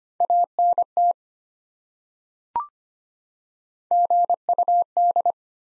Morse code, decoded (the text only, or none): ANT GUD